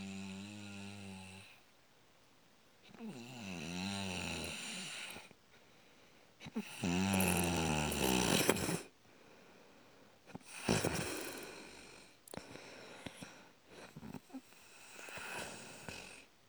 Snoring Heavy Breathing.